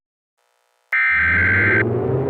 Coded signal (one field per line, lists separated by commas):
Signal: Emergency Alert System (SAME) tones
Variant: header bursts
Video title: EAS Scenario #13: Super Bowl Sabotage